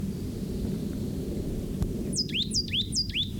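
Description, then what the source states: Plain Titmouse song: three quick slurred whistled phrases near the end, each sweeping sharply down then briefly up, over a steady low rumble of background noise. Possibly the male of a pair, or the same bird recorded calling earlier; singing from spaced live oaks about 10 feet tall with grass understory, bays, poison oak and big leaf maple, edging a draw.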